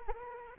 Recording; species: mosquito wingbeat signal from an infrared sensor; Anopheles arabiensis